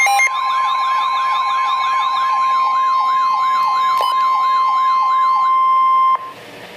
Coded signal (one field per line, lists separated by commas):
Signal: Emergency Alert System (SAME) tones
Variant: 1050 Hz attention tone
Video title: Severe Thunderstorm Warning - 08/22/13 (EAS #520)